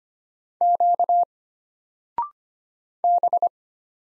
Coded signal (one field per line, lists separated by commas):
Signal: Morse code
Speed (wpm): 25 wpm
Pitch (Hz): 700 Hz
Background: none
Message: Q B